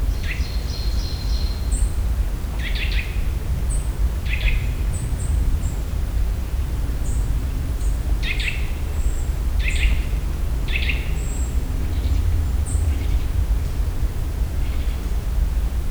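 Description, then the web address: Eurasian nuthatch calls: a few short, emphatic notes with thin high squeaks, over a persistent low background rumble. Another of the Eurasian nuthatch's calls, in nature in the Visegrád Hills, Hungary. "allathangok termeszetben csuszka masikhangja visegradihegyseg"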